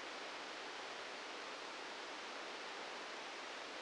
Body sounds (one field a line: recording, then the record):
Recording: brain microelectrode recording played as sound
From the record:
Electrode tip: inside the subthalamic nucleus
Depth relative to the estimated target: 0 mm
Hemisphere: left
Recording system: NeuroSet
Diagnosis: Parkinson's disease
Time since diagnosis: 13 years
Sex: male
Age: 65 years